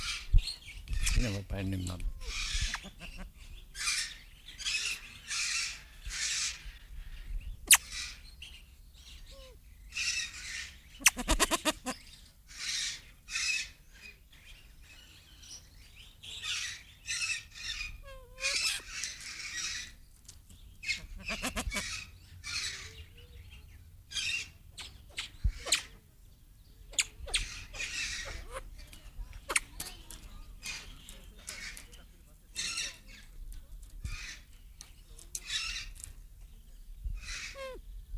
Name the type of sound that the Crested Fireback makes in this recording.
call